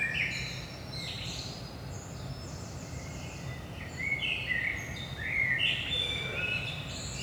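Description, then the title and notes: Common blackbird song, busy sequence of warbled fluting phrases and high thin twitters with little pause, over steady low background noise. Recorded in Saint-Gilles, Belgium, at 5 am in the early morning; DPA 4060 microphones in AB position into a Zoom F3 recorder. "Saint-Gilles, Belgique - 5am Blackbird. Blackbird in the morning. Merle au petit matin"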